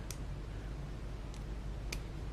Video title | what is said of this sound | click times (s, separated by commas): 3DR Solo up-grade motors Part 5 | see how that snapback in there and then they're sticking out so you can melt it back on top to keep it firm | 1.9 s